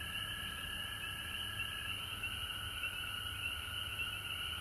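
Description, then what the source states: Frogs trilling together nonstop; a mid-pitched calling strand shifts slightly lower midway, while the higher shrill chorus carries on over faint rumble. Frogs recorded at home in Georgia on March 19, 2020.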